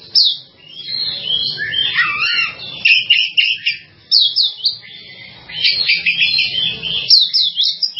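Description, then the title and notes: Bird song, a busy stream of rapid high twitters and rolling whistled notes with brief dips in loudness. "Bird Sound. Kicau Burung Lengkap"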